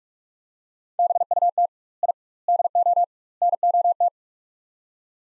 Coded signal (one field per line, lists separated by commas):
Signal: Morse code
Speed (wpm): 44 wpm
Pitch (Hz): 700 Hz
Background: none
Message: BUT I DO NOT